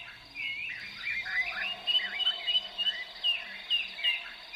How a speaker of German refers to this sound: Es war eine einzigartige Mischung, wobei die lang widerhallenden Stimmen der wenigen Paviane einen unheimlichen Kontrast bildeten zu den trockenen, nicht hallenden Rufen der vielen Insekten und Vögel.